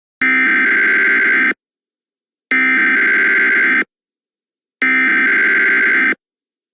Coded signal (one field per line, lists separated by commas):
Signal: Emergency Alert System (SAME) tones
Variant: header bursts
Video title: EAS Scenario: Under the Moon's Light Part 1